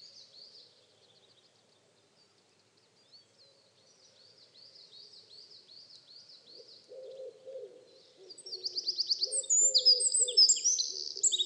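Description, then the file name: Eurasian wren song: faint high notes at first, then a loud burst of rapid trills and sharp high notes near the end, with a soft low sound underneath. "Troglodytes troglodytes"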